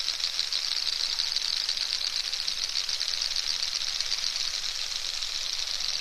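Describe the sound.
Narwhal click train, a rapid, regular crackle that holds steady from start to finish.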